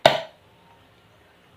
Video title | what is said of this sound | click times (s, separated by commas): MONDIAL Juicer -- Unboxing at Paano Buksan para Linisin at Paano Gamitin | Pag na rinig niyo yung ano na yun, yung sound na yun, ibig sabihin ay hindi na siya kasi hindi na siya, nakalock na siya. | 0.1 s